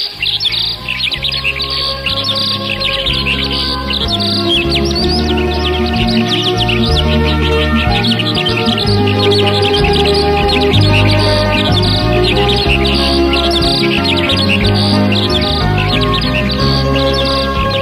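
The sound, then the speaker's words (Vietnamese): A lively chorus of birds chirps and sings continuously at dawn around a house at the forest edge, across a stream and high in the mountains, with many overlapping high, trilling calls over a steady, full background that holds at a consistent level throughout. “Sáng sáng mà trời chưa kịp mọc, Bê vàng đã nghe rộn rã tiếng hót ở quanh nhà ở ven rừng, ở bên kia bờ suối, ở tít trên núi cao.”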